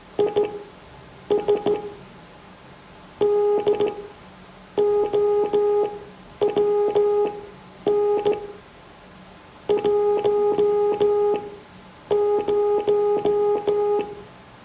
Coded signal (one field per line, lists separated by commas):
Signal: Morse code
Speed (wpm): 16 wpm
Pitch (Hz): 410 Hz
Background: none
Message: IS DOWN 10